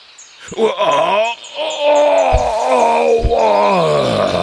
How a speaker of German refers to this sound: Schreit der Drache. Der Pfeil hat ihn ins Bein getroffen.